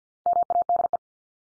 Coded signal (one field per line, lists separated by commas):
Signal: Morse code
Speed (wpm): 50 wpm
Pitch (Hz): 700 Hz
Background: none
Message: MADE